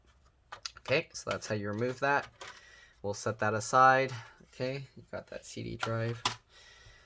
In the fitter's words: and then after that you can just slide it over and it locks in place.